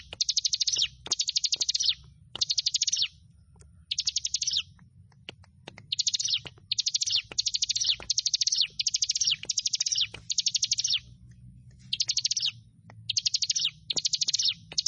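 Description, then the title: Prinia delivering many short, rapid, high chattering trills in quick succession with brief gaps, accompanied by clicks and a constant low rumble. "Ciblek Sawah"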